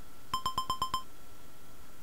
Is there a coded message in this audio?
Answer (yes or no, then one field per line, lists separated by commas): no